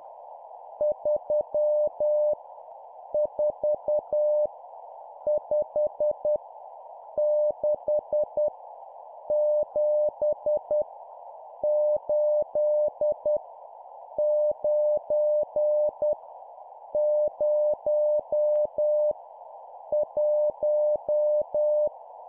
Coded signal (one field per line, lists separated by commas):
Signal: Morse code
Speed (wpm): 10 wpm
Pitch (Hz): 600 Hz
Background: none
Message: 3 4 5 6 7 8 9 0 1